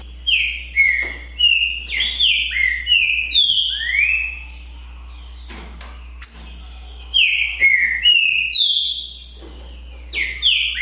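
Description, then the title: Green-winged saltator song, repeated runs of loud downslurred whistles, several phrases in quick succession, a pause, then another run of similar whistled notes. Song contest between two trinca-ferro birds, Naval versus Demolidor, 2022 season. "TRINCA Piando, Cantando E Macheando Na DISPUTA. DISPUTA DE TRINCA FERRO NAVAL VS DEMOLIDOR 2022! TEMPORADA 2022!"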